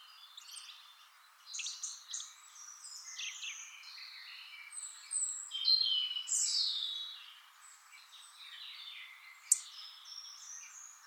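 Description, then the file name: European robin singing continuous thin, silvery warbles and slurred notes, swelling midway, with one sharp click near the end. "Erithacus rubecula"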